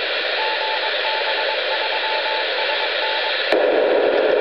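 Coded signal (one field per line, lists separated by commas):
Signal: Morse code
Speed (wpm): 21 wpm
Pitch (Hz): 870 Hz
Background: radio noise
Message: GB3SN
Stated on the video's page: 2-meter repeater contact, both stations outside coverage area, one using low power; possible slight lift conditions, with rapid fading and flutter, possibly from aircraft.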